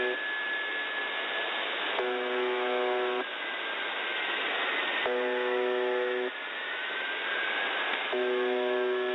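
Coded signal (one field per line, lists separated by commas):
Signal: channel marker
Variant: UVB-76 (The Buzzer)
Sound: three harsh one-second buzzes about three seconds apart, with faint wavering whale-like tones in the hiss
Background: radio static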